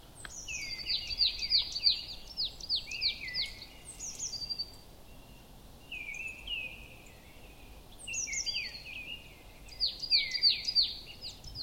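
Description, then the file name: Marsh tit calling repeatedly: clusters of bright, high, downward-slurred chips in quick runs, alternating with lower sliding notes, several bursts over about twelve seconds against quiet background hiss. "Poecile palustris"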